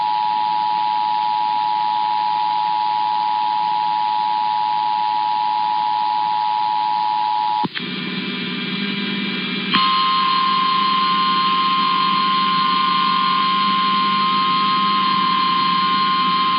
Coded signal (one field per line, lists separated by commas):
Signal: Emergency Alert System (SAME) tones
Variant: 853 and 960 Hz attention tone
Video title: Another Round Of Tests Tuesday (EAS #26029-26057) 4/15/25